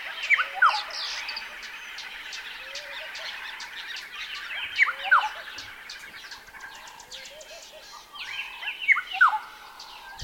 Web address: black headed oriole calling